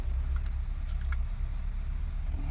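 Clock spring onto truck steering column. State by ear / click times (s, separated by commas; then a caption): not seated / none. A clock spring is being lined up on the steering column of a 2006 F350 truck, positioned so its pin meets the hole before it is pushed home. Faint handling taps come at about 0.4, 0.5, 1.0 and 1.1 seconds over a steady low rumble. Nothing has seated or clicked yet.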